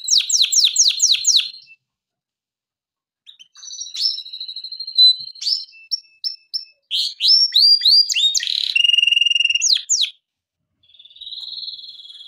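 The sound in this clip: Canary song, rapid descending repeated notes, a pause, then varied chirps, whistled notes and a buzzy trill, ending with a soft rolling phrase.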